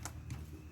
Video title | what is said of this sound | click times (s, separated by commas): How to Replace a Thermostat on a 2007 Chevy Equinox | You'll hear it snap up and it pops off and up and off. | 0.1 s